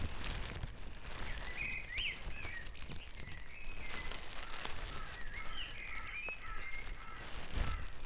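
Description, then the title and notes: Birds singing at dawn, repeated whistled and warbled phrases, under fairly loud low rumble and frequent clicking noises. Dawn chorus recorded at Back Dragon Avenue, Harrogate, as part of a sound map of Harrogate. "Dawn Chorus // Back Dragon Avenue, Harrogate. Part of the Sound Map Of Harrogate"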